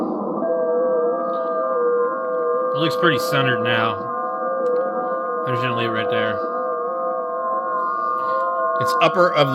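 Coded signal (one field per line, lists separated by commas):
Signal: FT8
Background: speech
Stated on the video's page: FT8 on a Yaesu FTdx3000 via its USB sound card, tuned with a manual antenna tuner; possible RFI.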